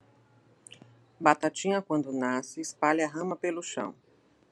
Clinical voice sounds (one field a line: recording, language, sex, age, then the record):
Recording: short text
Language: Brazilian Portuguese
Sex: female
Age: 50 to 59 years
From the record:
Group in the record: control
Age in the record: 57 years